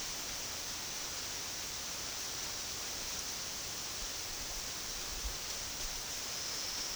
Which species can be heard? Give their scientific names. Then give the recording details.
none. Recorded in secondary vegetation near Puerto Asís, Putumayo, Colombia, on 21 February 2024 at 11:00. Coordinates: 0.472, -76.331. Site G6371